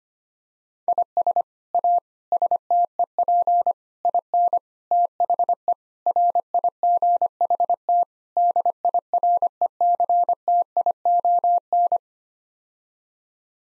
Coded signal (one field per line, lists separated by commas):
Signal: Morse code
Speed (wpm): 25 wpm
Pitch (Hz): 700 Hz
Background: none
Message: IS A STEP IN THE RIGHT DIRECTION